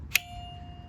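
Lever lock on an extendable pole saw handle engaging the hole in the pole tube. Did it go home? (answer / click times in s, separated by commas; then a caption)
yes / 0.2 s. The small lever lock on the telescoping handle of a Fiskars pole saw and pruner snaps into the locking hole in the pole tube as the handle is pulled out to full extension. A single sharp, loud click lands at 0.2 s, followed by a faint ringing tone that lingers over low background noise. The lever is seated and the pole is locked at full extension.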